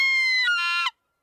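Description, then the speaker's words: American herring gull giving a single drawn-out, mewing wail that breaks into a harsher rasp before ending abruptly. "But even young birds can compete with the adults in size and volume."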